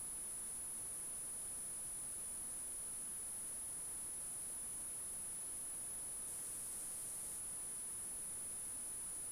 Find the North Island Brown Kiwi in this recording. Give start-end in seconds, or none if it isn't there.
none